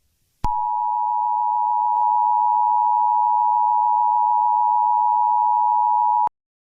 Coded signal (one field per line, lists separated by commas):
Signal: Emergency Alert System (SAME) tones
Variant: 853 and 960 Hz attention tone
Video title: EAS Scenario 3 | Garten of BanBan Chapter 2: The surface of the Abyss